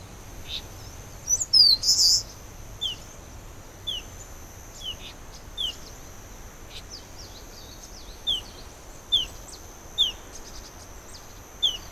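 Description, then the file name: Eastern crowned warbler sings one phrase of thin slurred notes ending in a buzzy burst, followed by a loose series of several soft descending chips. "warbler-eastern-crowned -Phylloscopus-coronatus"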